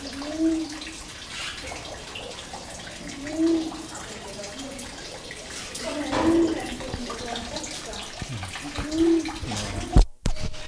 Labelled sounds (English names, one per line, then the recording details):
Sulawesi Ground Dove call
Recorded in captivity
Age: adult
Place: Zoo Berlin, Berlin, DE
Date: 2000-09-07 17:24
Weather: fair, 16°C
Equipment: Nagra SN, Kopie Uher 4000 Report Monitor
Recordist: Tembrock, Günter
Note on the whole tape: Lautfolgen (Entfernung ca. 50 cm). Plätschern - Wasserfall